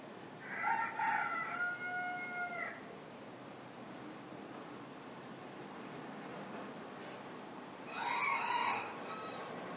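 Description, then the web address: Two rooster crows, each loud and harmonic, the first with a long held ending, separated by several seconds of quiet background hiss. Crowing in the morning. "the sound pack tree. morning with cockcrows"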